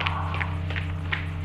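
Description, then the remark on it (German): A man's footsteps come in through a door that has sprung open, about four soft, evenly spaced steps over a steady low hum. “Wir hörten seine hereinkommenden Schritte.”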